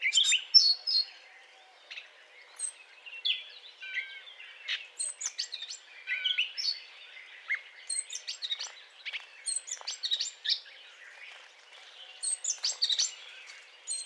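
Eurasian blackcap courtship song: irregular bursts of thin, high twittering and scratchy warbled notes separated by short quiet gaps.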